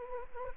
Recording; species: mosquito wingbeat signal from an infrared sensor; Anopheles gambiae